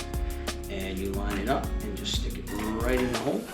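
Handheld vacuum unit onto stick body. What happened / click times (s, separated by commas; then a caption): Handled, not yet home: the unit is lined up but has not locked / none. A handheld vacuum unit is lined up with a plastic stick body while someone talks over background music. A brief sharp sound comes at about 0.1 seconds, but the clip ends before the unit goes home, and nothing has seated or clicked yet.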